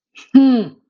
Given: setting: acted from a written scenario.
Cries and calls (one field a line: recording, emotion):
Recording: vocal sound without words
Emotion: contempt